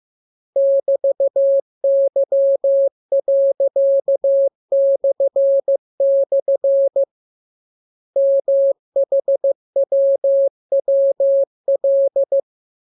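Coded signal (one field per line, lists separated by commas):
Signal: Morse code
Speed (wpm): 15 wpm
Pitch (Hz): 550 Hz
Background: none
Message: <BT>Y.// MHWWL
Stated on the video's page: Morse lesson radiogram practicing letters, numbers and punctuation, opened with VVV and section sign, closed with AR.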